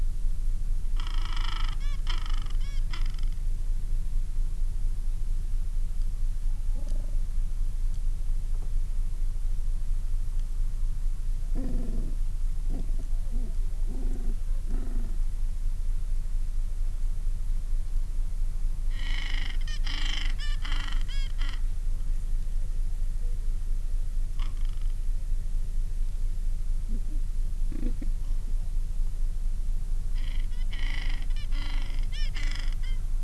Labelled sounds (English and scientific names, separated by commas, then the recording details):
Gentoo Penguin (Pygoscelis papua)
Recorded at the colony at Almirante Brown, Antarctica, on 14 December 2015
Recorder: Song Meter SM2+